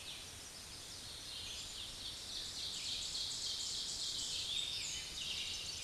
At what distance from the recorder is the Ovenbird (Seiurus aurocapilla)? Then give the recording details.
about 40 m. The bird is about level with the microphone. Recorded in a Pennsylvania forest on 16 May 2024 at 06:33. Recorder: AudioMoth, point MSD-2391. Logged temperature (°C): 15.0 °C. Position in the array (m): 135 m, 5 m